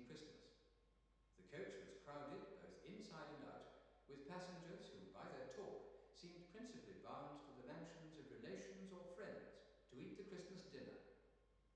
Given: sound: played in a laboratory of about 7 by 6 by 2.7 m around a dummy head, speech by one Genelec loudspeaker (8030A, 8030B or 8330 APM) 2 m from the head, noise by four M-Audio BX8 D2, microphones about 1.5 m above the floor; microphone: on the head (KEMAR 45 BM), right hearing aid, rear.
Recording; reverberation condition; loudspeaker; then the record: male speech in English; high; 150 degrees to the left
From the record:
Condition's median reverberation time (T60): about 1300 ms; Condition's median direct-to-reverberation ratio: about -4.0 dB